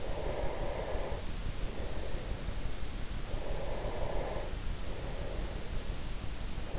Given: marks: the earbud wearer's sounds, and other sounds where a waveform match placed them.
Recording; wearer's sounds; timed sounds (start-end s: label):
sounds in sleep by an in-ear microphone; breath
0.00-3.02 s: breath
3.42-6.17 s: breath